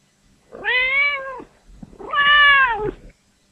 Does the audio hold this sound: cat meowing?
yes